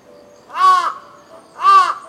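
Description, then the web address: Crow giving two loud, harsh caws about one second apart, each slightly arched in pitch, over a very quiet background. Ambience recorded in Tokyo, Japan. "Lynne Music 2 Amb Tokyo Japan Brid Crow Caws Insects"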